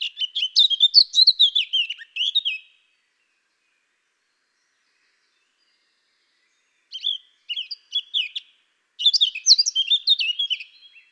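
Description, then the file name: Eurasian blackcap song: a loud tumbling warble, a long silence, a few quiet notes, then another bright, rapid warbled phrase. "Sylvia atricapilla"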